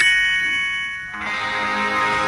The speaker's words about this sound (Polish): grał na dzwonach rurowych. Bardzo ładny dźwięk wydają.